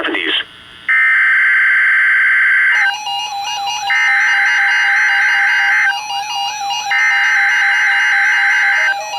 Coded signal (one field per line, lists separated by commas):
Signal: Emergency Alert System (SAME) tones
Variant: header bursts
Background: speech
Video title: Required Weekly Test - 06/21/17 (EAS #1,386)